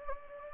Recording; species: mosquito wingbeat signal from an infrared sensor; Anopheles gambiae